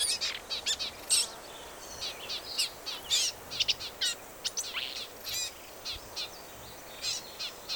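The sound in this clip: Black-capped vireo song: a busy series of high, scratchy and squeaky notes in short choppy phrases, varied in pitch, against a light hissing background.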